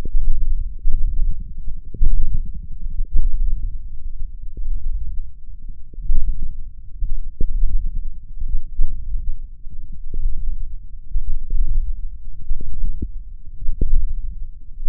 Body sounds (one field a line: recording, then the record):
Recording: forearm muscle sounds (acoustic myography)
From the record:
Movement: wrist flexion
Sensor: system 1, eight BSWA MPA416 microphones around the upper forearm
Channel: 8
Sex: male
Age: 21 years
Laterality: right